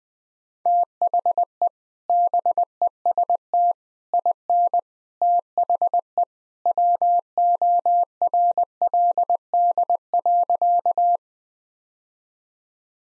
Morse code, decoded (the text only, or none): THE BEST IN THE WORLD.